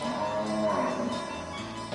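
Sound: cows mooing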